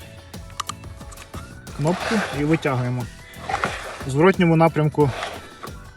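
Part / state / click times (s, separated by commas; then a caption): battery into drone battery bay / not seated / none. A removed drone battery is handled before being pushed back into the drone's battery bay while someone talks, with a few sharp handling taps near the start. The clip ends before the battery goes home; nothing has seated or clicked yet.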